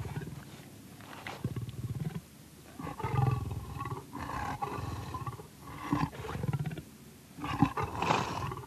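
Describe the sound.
Leopard giving rough, growling roars in uneven bursts, quieter stretches between louder raspy calls, with low rumbling tones throughout.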